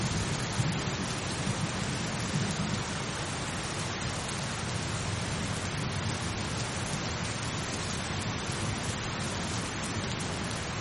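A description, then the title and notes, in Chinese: Calm, steady rain falls throughout, a dense even hiss of drops spread from low to high with no pauses. A soft low rumble sits underneath, and the level stays constant for the whole stretch, with no distinct thunderclaps standing out. 雷雨声：平静的雨。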